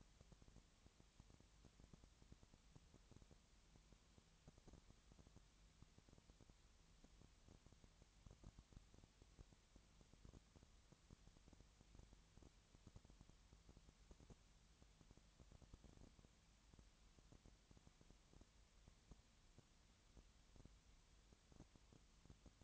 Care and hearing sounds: daily activity, microphone in the room; no activity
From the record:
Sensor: 3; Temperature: 20.6 degrees Celsius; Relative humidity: 34.7%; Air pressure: 1007.2 hPa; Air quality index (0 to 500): 137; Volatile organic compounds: 3 ppm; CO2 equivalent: 1527 ppm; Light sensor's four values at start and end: 2/3/2/2 and 2/3/2/2

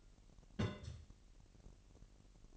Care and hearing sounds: daily activity, microphone in the room; place on stove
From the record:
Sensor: 4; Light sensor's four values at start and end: 8/18/7/7 and 8/19/7/8

